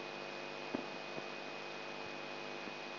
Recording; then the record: brain microelectrode recording played as sound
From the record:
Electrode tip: inside the subthalamic nucleus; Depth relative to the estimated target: 2 mm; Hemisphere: right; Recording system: AlphaMap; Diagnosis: Parkinson's disease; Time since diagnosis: 8 years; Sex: male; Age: 59 years